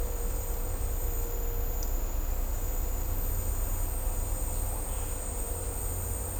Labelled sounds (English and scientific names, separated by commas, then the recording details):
none
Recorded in dense forest near Puerto Asís, Putumayo, Colombia, on 16 December 2024 at 12:00
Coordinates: 0.503, -76.323
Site G043